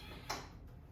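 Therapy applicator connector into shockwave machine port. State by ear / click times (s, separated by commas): seated / 0.3 s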